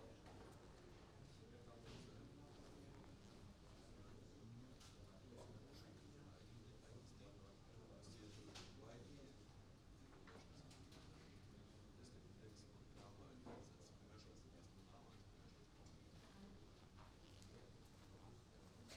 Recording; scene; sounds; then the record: everyday scene through a hearing-aid microphone; many people talking; many voices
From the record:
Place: university cafeteria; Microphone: in the ear canal, right